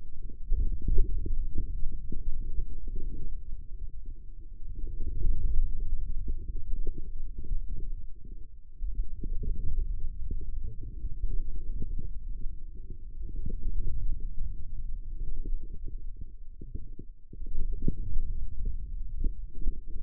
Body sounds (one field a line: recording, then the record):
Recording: forearm muscle sounds (acoustic myography)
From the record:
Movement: hand opening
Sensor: system 2, bracelet of six BSWA MPA416 microphones around the upper forearm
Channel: 6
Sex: male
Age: 22 years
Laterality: right